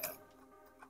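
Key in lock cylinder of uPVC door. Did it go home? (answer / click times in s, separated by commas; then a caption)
no / none. A key is turned in the lock cylinder of a uPVC folding door after its multipoint lock has been engaged. A sharp metallic tick sounds at the start, a softer tick follows at about 0.8 s, and a faint hum runs underneath. Nothing has seated or clicked home yet.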